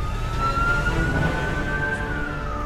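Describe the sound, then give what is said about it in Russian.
An ambulance siren holds a steady, high-pitched tone over a thick rumble of engine and road noise, staying fairly loud throughout as the ambulance, carrying a young man on a stretcher, drives off past a strolling couple. “На глазах у мирно прогуливающейся парочки машина уезжает.”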